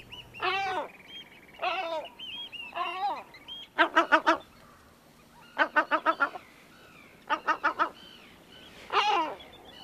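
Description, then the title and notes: Great black-backed gull giving three single harsh, wavering cries, then three quick clipped series of four or five gruff notes and a final cry, over ten seconds. "Viikon luontoääni: Merilokki."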